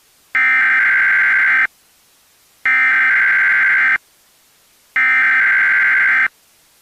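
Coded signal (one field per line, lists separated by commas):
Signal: Emergency Alert System (SAME) tones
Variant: header bursts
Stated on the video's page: Fictional EAS scenario, not a real alert.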